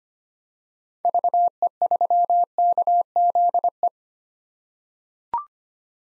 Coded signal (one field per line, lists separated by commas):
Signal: Morse code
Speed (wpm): 25 wpm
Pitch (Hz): 700 Hz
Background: none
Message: VE3KZE